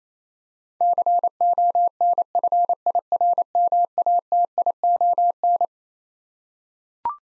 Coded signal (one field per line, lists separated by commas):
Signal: Morse code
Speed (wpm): 27 wpm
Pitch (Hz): 700 Hz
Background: none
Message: CONFIRMATION